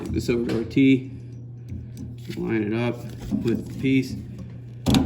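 A pipe end is handled and lined up with a SharkBite push-to-connect tee slip fitting while someone talks, with faint handling taps around 1.7 to 2.2 seconds and a sharp knock near 4.9 seconds. Nothing has seated or clicked into the tee yet.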